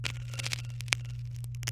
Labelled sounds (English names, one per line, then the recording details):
Domestic Canary song
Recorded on 23 April 2018 at 18:02
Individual llb3